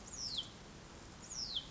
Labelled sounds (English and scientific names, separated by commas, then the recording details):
Hutton's Vireo (Vireo huttoni)
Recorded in Sonoma County, California